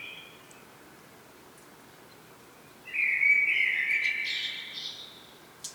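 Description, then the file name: Common blackbird, a single warbled song phrase about halfway through: low, liquid notes rising into a thin, high twittering tail. "Turdus merula"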